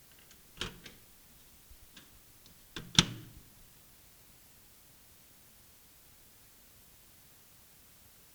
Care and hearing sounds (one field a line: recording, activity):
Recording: daily activity, guitar pickup as the sensor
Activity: use microwave